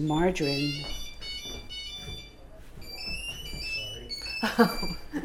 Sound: electronic ringing sound; chuckles

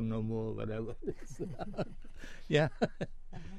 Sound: laughs

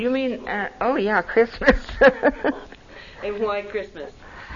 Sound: laughs

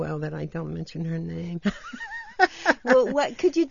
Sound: laughs

